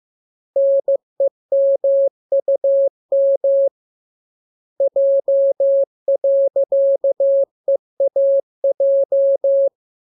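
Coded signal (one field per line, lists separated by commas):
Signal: Morse code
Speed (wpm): 15 wpm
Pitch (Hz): 550 Hz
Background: none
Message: NEMUM J.EAJ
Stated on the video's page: Morse lesson 15 on letters KMURESNAPTLWI.JZ; each radiogram opens with VVV and a section sign and ends with AR.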